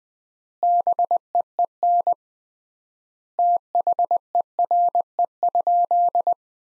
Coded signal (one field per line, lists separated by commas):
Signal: Morse code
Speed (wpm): 20 wpm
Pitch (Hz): 700 Hz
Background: none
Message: BEEN THERE?